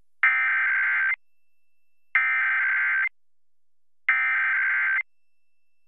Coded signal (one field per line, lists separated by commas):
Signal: Emergency Alert System (SAME) tones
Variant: header bursts